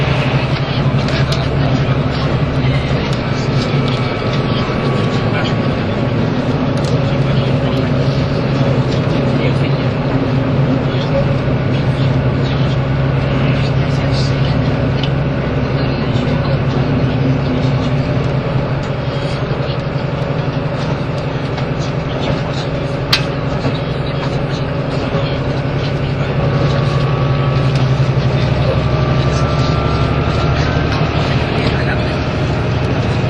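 Running noise on the journey from Nagoya to Toyama: a steady, dense, low rumble with a constant droning hum and faint whining tones above it. The level stays even throughout, with a brief click near 23 seconds and perhaps murmured voices underneath.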